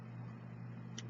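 Someone unscrewing the positive post screw on a metal Plume Veil RDA rebuildable atomizer deck, where the stripped thread slips with a sharp click at 1.0 s over a steady low hum. The screw will not come out because the threading was started too far down in the block.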